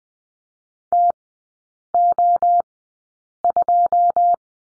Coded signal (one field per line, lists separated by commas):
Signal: Morse code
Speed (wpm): 20 wpm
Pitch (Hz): 700 Hz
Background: none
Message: TO2